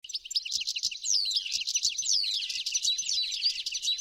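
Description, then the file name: European goldfinch giving dense, high tinkling twitters and quick down-slurred notes, overlapping almost continuously. "Carduelis carduelis"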